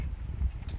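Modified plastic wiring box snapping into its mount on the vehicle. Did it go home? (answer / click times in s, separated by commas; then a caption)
yes / 0.7 s. A plastic wiring box, its side cut off so it will snap into place, is pressed into its mount on a Dodge vehicle during an underglow light install. Over a low, steady rumble, a sharp snap rings out at 0.7 s as the modified box seats into place.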